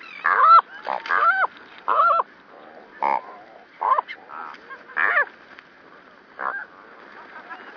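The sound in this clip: Cormorant calls: harsh, honking croaks with rising harmonic notes, given in irregular bursts, with softer calls in between.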